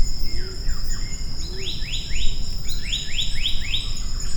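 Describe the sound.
Maratua monarch giving a few downslurred notes, then a series of several upward-sweeping whistled notes, against constant shrill insect tones and low noise.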